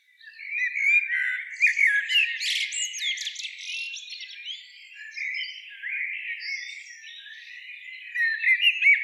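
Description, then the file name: Common blackbird producing rapid, jumbled twitters and thin squeaks that swell early, fade slightly midway, then rise again toward the close. "Turdus merula"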